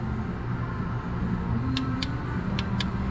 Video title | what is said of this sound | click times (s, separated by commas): 7.3 OBS 160/stock INJECTOR install with mods and TRICKS!!! | there we go i like to give everything two clicks two and that | 1.8 s, 2.0 s, 2.6 s, 2.8 s